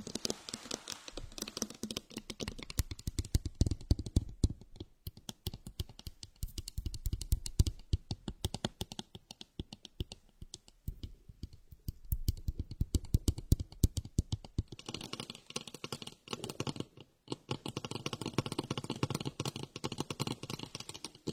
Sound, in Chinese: 水晶球 包包 眼镜 笔记本 水音